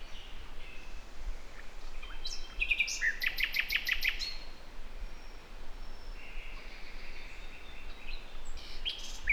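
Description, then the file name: Common nightingale phrase opening with a few sharp notes, building into a rapid series of loud repeated pulses, then softer drawn-out whistles and a final short note. "Luscinia megarhynchos"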